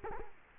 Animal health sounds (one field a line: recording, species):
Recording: mosquito wingbeat signal from an infrared sensor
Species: Culex quinquefasciatus